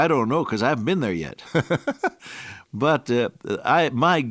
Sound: chuckle

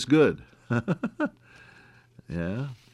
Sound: laughs

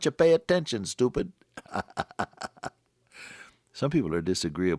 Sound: laughter

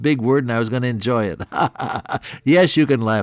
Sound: laughs

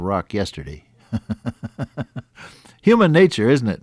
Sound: chuckle

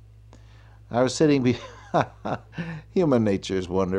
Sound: chuckle

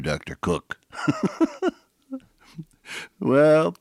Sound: chuckle

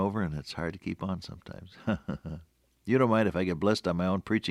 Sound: chuckle

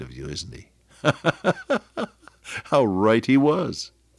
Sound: chuckle

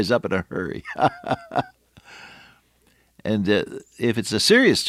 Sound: laughter

